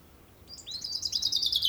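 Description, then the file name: Common chaffinch song opening: a few high, sliding notes that build into a fast, bright trill, growing louder toward the end. "Fringilla coelebs"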